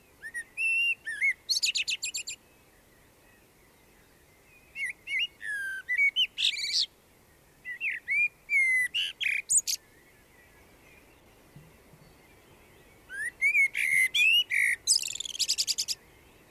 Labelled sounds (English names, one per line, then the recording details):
Common Blackbird song
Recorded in the wild
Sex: male
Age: adult
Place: Garmisch-Partenkirchen, Bayern, DE
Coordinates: 47.4922, 11.0728
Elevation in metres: 709
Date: 1968-04-24
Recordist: Tretzel, Erwin